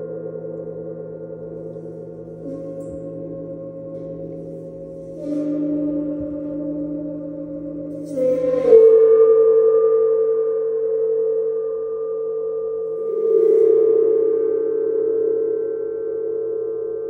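A large gong rings with a long, humming sustain, its low and mid tones layered and slowly shifting. Fresh soft strikes swell the sound near six seconds, at eight to nine seconds with a brief bright shimmer, and again near thirteen seconds, each leaving a steady drone.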